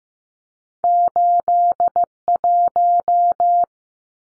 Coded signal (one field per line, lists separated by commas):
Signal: Morse code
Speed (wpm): 15 wpm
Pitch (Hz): 700 Hz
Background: none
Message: 81